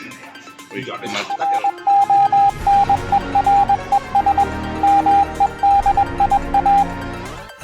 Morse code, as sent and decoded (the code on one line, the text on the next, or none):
.-. --- -. . .-. . ... / -- . -.. .. .-
RONERES MEDIA